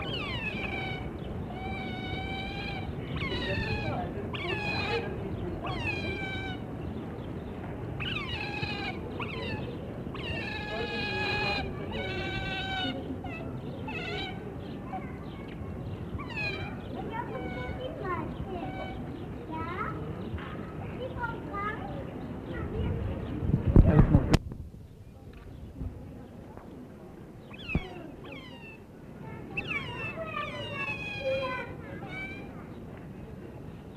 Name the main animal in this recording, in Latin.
Lutra lutra